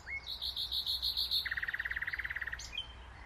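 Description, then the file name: Common nightingale song phrase: a brief whistle, a run of pulsing high notes, then a fast rattling series of many lower notes. "Luscinia megarhynchos"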